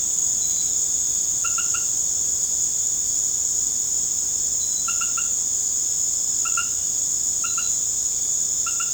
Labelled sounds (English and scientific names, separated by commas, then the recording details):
none
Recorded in secondary vegetation near Puerto Asís, Putumayo, Colombia, on 18 December 2024 at 19:00
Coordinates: 0.489, -76.322
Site G059